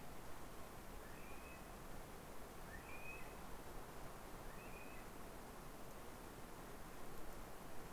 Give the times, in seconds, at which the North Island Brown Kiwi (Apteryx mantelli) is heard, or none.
0.00-5.33